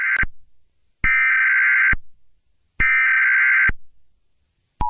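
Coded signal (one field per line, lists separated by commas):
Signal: Emergency Alert System (SAME) tones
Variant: header bursts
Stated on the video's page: Fictional EAS scenario themed on My Little Pony.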